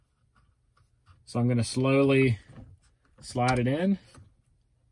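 A new replacement map light switch is slid slowly into the plastic map light housing in a Honda's overhead console, lining its three holes up with the copper wires. Someone talks over faint small ticks at about 0.4, 0.8 and 3.1 seconds. Nothing has seated or clicked yet.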